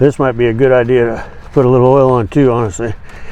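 A PCV hose's plastic quick-connect fitting is handled at its oil catch can port on a J&L oil separator install on a GM 6.2 engine while someone talks. Nothing has seated or clicked yet.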